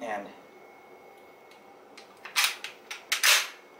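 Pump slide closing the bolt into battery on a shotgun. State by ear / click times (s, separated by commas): seated / 3.1 s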